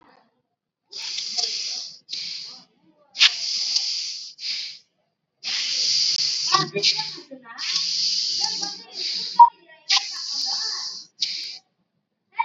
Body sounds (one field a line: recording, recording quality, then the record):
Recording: deep breathing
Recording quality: excellent, no background noise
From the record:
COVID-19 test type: RT-PCR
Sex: male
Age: 29 years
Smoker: no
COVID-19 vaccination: both doses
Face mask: worn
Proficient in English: yes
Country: India